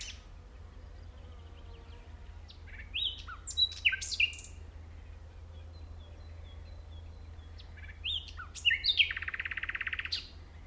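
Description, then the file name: Common nightingale song: scattered whistles and sharp notes, then a later phrase ending in a harsh, buzzy rapid rattle, over steady low background hum. "Luscinia megarhynchos"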